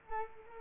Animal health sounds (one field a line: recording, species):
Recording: mosquito wingbeat signal from an infrared sensor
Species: Culex quinquefasciatus